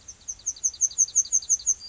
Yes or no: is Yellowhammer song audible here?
yes